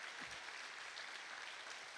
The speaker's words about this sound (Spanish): Un aplauso fuerte a la grandeza y a la presencia del Señor.